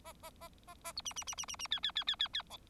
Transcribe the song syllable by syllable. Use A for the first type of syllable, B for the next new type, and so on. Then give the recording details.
A A A A A B C C C C C C D D D D D D E. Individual Bird4